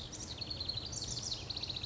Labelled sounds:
House Wren (Troglodytes aedon)

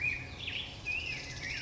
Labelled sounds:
Black-headed Grosbeak (Pheucticus melanocephalus)

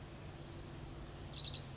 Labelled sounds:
Orange-crowned Warbler (Leiothlypis celata)

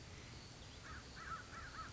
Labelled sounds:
American Crow (Corvus brachyrhynchos)

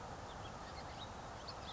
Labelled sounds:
House Finch (Haemorhous mexicanus)

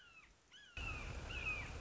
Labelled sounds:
Red-shouldered Hawk (Buteo lineatus)

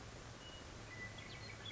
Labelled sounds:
Western Meadowlark (Sturnella neglecta)

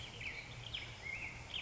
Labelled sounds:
Black-headed Grosbeak (Pheucticus melanocephalus)

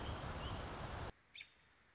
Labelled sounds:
American Robin (Turdus migratorius)

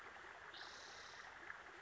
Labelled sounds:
Spotted Towhee (Pipilo maculatus)

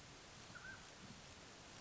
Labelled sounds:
Mountain Quail (Oreortyx pictus)

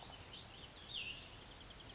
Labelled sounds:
Cassin's Vireo (Vireo cassinii)

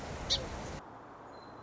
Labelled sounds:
Song Sparrow (Melospiza melodia)

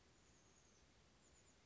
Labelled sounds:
Chestnut-backed Chickadee (Poecile rufescens)

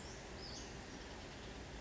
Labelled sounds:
Western Flycatcher (Empidonax difficilis)

